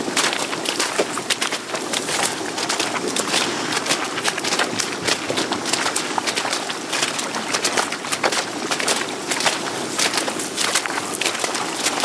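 People in harnesses haul dugout canoes across shallow floodplain water. Quick, dense splashes, swishes and squelching steps run without pause for the whole stretch, crisp and bright, at a steady loudness with no quiet gaps.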